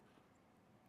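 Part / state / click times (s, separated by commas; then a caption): safety catch of a bracelet clasp / not seated / none. The fold-under safety catch on a bracelet clasp is handled as it is about to be folded down. Only a steady, low background hum is heard, with no sharp transient. Nothing has seated or clicked yet.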